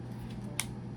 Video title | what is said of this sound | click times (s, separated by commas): DJI OSMO POCKET 3 CREATOR COMBO UNBOXING - JOYCE YABUT BARTOLOME | na nag-double click yan | 0.6 s